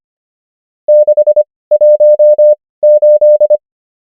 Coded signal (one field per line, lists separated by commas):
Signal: Morse code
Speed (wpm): 25 wpm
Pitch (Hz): 600 Hz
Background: none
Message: 618